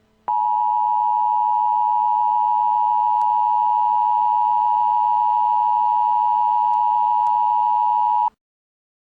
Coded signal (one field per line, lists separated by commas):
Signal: Emergency Alert System (SAME) tones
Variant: 853 and 960 Hz attention tone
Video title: Emergency Alert System: RDD